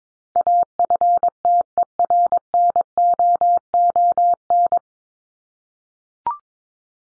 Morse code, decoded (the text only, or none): AFTERNOON